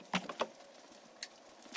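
An interior trim piece is being handled around the side window opening of a Sprinter van, ready to be pushed and popped into place. A few short knocks and taps are heard near 0.2, 0.3, 0.4 and 1.2 seconds, with a sharper hit right at the end. Nothing has seated or clicked into place yet.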